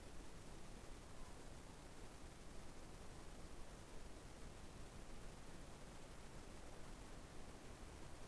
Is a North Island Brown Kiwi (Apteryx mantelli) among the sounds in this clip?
no